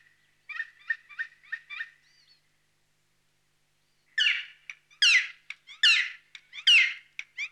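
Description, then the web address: Black woodpecker calls: a quick series of short, even, ringing notes, then after a pause louder harsh descending cries repeated at an irregular pace. "Palokärki. nauhalaisen aanimaailmat"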